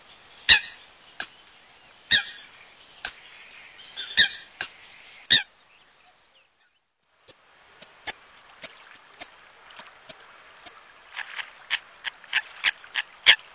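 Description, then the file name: Eurasian coot calls: short, sharp clipped notes repeated at irregular intervals, a brief pause, then a steadier faster series of similar abrupt notes. "meerkoet"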